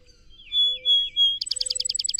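Song Sparrow song opening with three steady whistled notes followed by a fast, evenly pulsed buzzy trill that is cut off.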